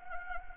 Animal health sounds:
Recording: mosquito wingbeat signal from an infrared sensor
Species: Anopheles gambiae

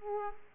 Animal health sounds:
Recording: mosquito wingbeat signal from an infrared sensor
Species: Aedes aegypti

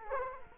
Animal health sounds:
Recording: mosquito wingbeat signal from an infrared sensor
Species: Culex quinquefasciatus

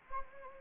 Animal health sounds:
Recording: mosquito wingbeat signal from an infrared sensor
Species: Anopheles gambiae

